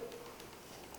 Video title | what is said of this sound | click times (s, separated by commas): How to Use the TB-HD05 Stem alignment tool | and then i hear the click | 0.9 s